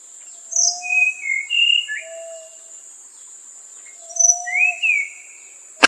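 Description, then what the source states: Songbird whistles varied notes, some low and level, others sliding up or down, in two bursts. A steady high drone runs throughout and ends in a sharp click. Master song for training songbirds.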